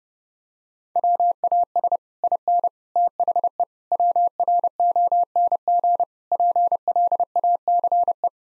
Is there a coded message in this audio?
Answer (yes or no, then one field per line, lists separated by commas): yes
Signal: Morse code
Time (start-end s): 1.0-8.3 s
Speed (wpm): 30 wpm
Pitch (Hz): 700 Hz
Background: none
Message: WAS IN THE WRONG PLACE